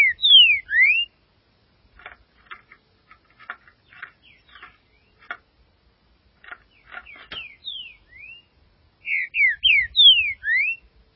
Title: Trinca Ferro